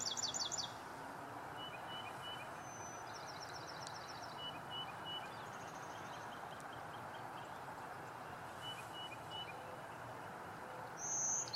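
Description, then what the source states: Carolina Wren gives quick rattling chatters at the start and end, with short high whistles and more chatter in the middle over constant low background noise. Carolina Wren calling loudly.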